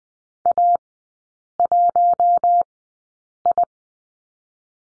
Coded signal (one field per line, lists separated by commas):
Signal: Morse code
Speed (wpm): 20 wpm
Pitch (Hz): 700 Hz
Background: none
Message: A 1 I